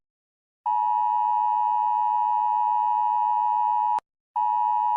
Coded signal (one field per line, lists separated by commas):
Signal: Emergency Alert System (SAME) tones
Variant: 853 and 960 Hz attention tone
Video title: Rating eas alarms by how scary and cool they are!